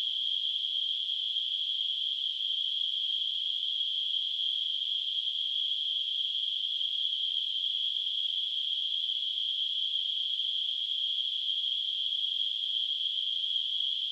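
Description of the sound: Simulated tinnitus: a steady, continuous narrow-band hiss centred around 3 kHz, unchanging for the whole clip.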